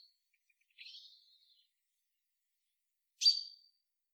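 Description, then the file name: Chaffinch calls: one faint, drawn-out buzzy note, then after a pause a single sharp high call note with a trailing tone. "Fringilla coelebs"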